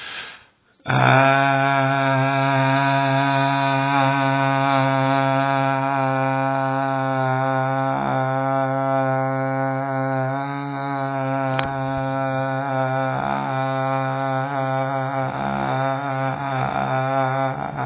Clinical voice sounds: sustained vowel /a/; male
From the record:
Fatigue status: no fatigue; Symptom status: symptomatic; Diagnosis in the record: COVID-19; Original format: 3gp

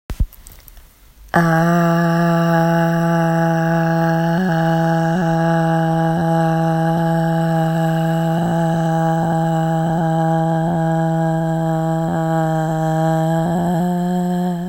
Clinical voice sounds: sustained vowel /a/; female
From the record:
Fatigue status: fatigue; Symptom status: symptomatic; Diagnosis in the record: COVID-19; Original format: m4a

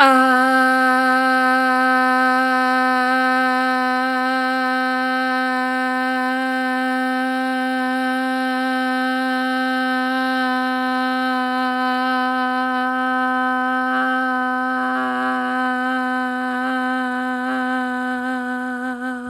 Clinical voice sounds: sustained vowel /a/; female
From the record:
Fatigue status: fatigue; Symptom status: symptomatic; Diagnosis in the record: COVID-19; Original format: m4a

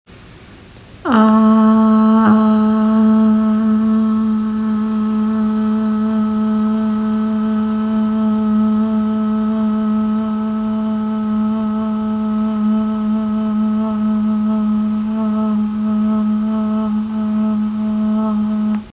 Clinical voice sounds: sustained vowel /a/; female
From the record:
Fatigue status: no fatigue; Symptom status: asymptomatic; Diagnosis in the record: COVID-19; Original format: m4a

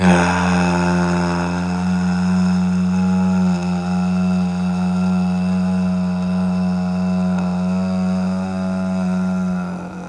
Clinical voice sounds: sustained vowel /a/; male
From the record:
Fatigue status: no fatigue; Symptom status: asymptomatic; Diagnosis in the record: COVID-19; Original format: m4a

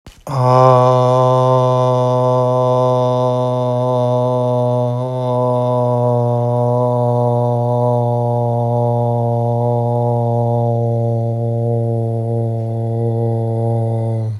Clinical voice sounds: sustained vowel /a/; male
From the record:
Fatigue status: fatigue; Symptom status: symptomatic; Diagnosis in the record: COVID-19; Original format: m4a

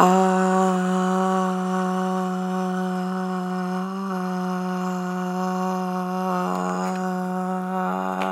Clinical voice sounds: sustained vowel /a/; female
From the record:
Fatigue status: no fatigue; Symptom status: symptomatic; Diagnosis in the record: COVID-19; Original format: m4a

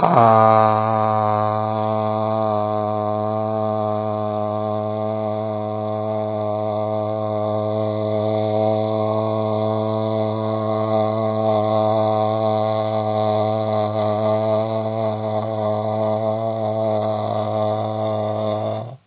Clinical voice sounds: sustained vowel /a/; male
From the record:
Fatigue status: fatigue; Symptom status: symptomatic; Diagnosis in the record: COVID-19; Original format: 3gp

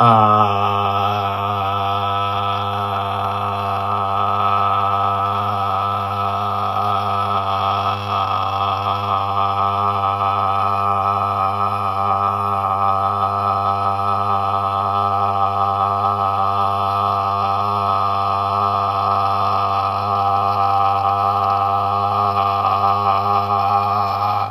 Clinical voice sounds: sustained vowel /a/; male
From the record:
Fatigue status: no fatigue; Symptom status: asymptomatic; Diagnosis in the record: COVID-19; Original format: m4a

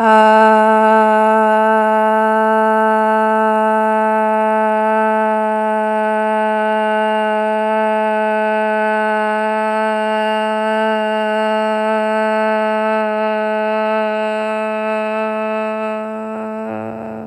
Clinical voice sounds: sustained vowel /a/; female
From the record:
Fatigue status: fatigue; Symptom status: symptomatic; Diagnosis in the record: COVID-19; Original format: m4a

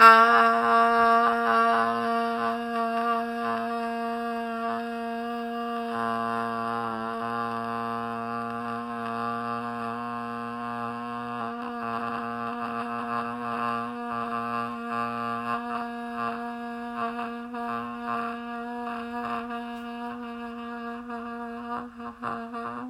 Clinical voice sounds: sustained vowel /a/; female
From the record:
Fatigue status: no fatigue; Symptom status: symptomatic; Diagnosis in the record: COVID-19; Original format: m4a

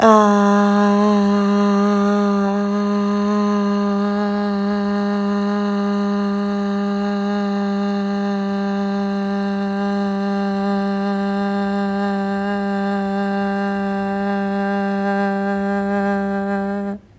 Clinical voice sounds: sustained vowel /a/; female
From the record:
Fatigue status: no fatigue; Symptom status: symptomatic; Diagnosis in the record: COVID-19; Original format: m4a

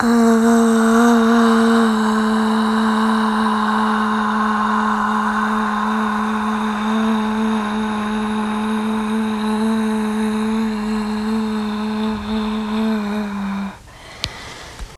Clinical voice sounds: sustained vowel /a/; female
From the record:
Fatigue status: fatigue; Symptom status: symptomatic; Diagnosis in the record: COVID-19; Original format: m4a

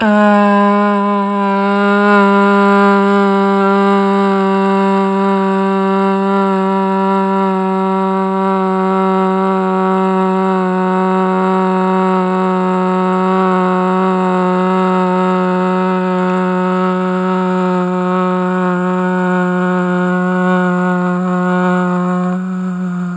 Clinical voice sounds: sustained vowel /a/; female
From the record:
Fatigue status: no fatigue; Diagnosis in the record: COVID-19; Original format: m4a

